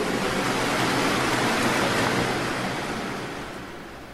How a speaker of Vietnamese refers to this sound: Lại một con sóng lớn nữa ập đến. Mọi âm thanh đều bị nhấn chìm.